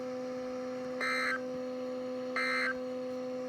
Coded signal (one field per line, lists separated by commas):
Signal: Emergency Alert System (SAME) tones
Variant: end-of-message bursts